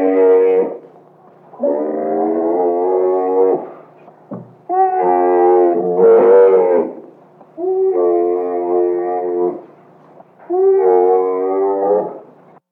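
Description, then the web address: Camel bleating in several long, harmonic-rich, drawn-out calls separated by short pauses. "SFXSource. Camel Bleats"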